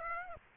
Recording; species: mosquito wingbeat signal from an infrared sensor; Aedes aegypti